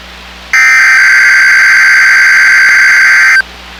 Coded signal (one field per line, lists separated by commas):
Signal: Emergency Alert System (SAME) tones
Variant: header bursts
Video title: 5/4/22 - KIH28 Required Weekly Test (EAS #456)